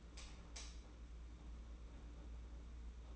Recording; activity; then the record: daily activity, microphone in the room; light on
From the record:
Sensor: 1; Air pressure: 991.9 hPa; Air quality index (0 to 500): 212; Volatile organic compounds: 1000 ppm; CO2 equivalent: 8228 ppm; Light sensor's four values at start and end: 10/22/9/10 and 20/62/25/25